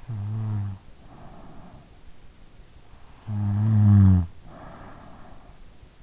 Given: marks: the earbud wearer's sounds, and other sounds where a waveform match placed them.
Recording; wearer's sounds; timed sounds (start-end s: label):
sounds in sleep by an in-ear microphone; snoring breath
0.00-1.90 s: snoring breath
3.04-5.61 s: snoring breath